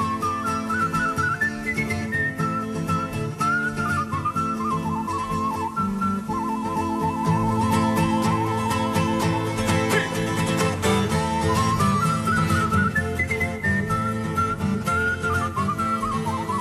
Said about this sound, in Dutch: maar ook om zijn buitengewoon bekwame manier van fluiten